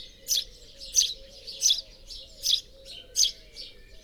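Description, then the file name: House sparrow chirping, loud harsh chirps repeated roughly every two-thirds of a second, with a faint low droning hum underneath. "Passer domesticus"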